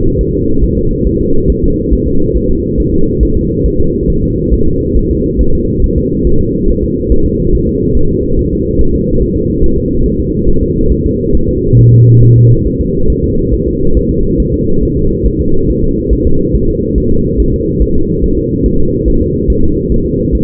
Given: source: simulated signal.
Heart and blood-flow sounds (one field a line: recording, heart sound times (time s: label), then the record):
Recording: fetal heart sounds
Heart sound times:
0.21 s: S1
0.35 s: S2
0.64 s: S1
0.78 s: S2
1.07 s: S1
1.21 s: S2
1.50 s: S1
1.64 s: S2
1.93 s: S1
2.07 s: S2
2.37 s: S1
2.51 s: S2
2.80 s: S1
2.94 s: S2
3.23 s: S1
3.37 s: S2
3.66 s: S1
3.80 s: S2
4.10 s: S1
4.24 s: S2
4.53 s: S1
4.67 s: S2
4.97 s: S1
5.11 s: S2
5.41 s: S1
5.55 s: S2
5.84 s: S1
5.98 s: S2
6.27 s: S1
6.41 s: S2
6.70 s: S1
6.84 s: S2
7.12 s: S1
7.26 s: S2
7.55 s: S1
7.69 s: S2
7.97 s: S1
8.11 s: S2
8.39 s: S1
8.53 s: S2
8.81 s: S1
8.95 s: S2
9.22 s: S1
9.36 s: S2
9.64 s: S1
9.78 s: S2
10.06 s: S1
10.20 s: S2
10.49 s: S1
10.63 s: S2
10.92 s: S1
11.06 s: S2
11.35 s: S1
11.49 s: S2
11.79 s: S1
11.93 s: S2
12.23 s: S1
12.37 s: S2
12.67 s: S1
12.81 s: S2
13.10 s: S1
13.24 s: S2
13.54 s: S1
13.68 s: S2
13.97 s: S1
14.11 s: S2
14.40 s: S1
14.54 s: S2
14.83 s: S1
14.97 s: S2
15.27 s: S1
15.41 s: S2
15.70 s: S1
15.84 s: S2
16.13 s: S1
16.27 s: S2
16.55 s: S1
16.69 s: S2
16.98 s: S1
17.12 s: S2
17.40 s: S1
17.54 s: S2
17.82 s: S1
17.96 s: S2
18.24 s: S1
18.38 s: S2
18.66 s: S1
18.80 s: S2
19.08 s: S1
19.22 s: S2
19.50 s: S1
19.64 s: S2
19.92 s: S1
20.06 s: S2
20.35 s: S1
From the record:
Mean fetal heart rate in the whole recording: 140 bpm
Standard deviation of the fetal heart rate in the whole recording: 2 bpm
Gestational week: 34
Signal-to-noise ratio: -17.7 dB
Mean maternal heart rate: 72 bpm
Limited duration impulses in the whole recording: present